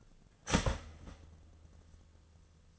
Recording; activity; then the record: daily activity, microphone in the room; start toaster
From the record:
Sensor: 4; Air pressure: 1010.1 hPa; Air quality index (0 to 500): 178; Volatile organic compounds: 5 ppm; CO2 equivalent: 1805 ppm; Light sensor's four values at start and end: 22/66/26/25 and 20/61/23/23